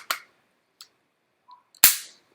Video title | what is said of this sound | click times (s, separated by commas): Surefire Rapid Deployment Review | You hear that click? Yeah. It's in. You can feel it. | 1.8 s